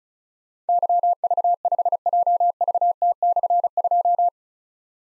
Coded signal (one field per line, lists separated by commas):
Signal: Morse code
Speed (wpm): 36 wpm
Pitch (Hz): 700 Hz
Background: none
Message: YV5JVT/2